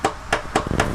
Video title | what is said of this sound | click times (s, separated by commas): HOW TO CHANGE ENGINE OIL ON BMW 520i 528i 520xi 528xi 2012 2013 2014 2015 2016 2017 | That's the torque wrench clicking. | 0.1 s